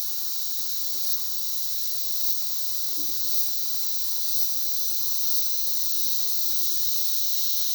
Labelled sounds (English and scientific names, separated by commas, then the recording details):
none
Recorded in dense forest near Puerto Asís, Putumayo, Colombia, on 21 February 2024 at 13:00
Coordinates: 0.502, -76.326
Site G6460